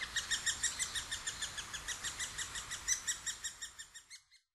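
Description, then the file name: Great spotted woodpecker calls: a fast, even chatter of sharp, bright notes, fading out at the end. Recorded in Sapporo, dated 20 June 2011. "akagera sapporo namba"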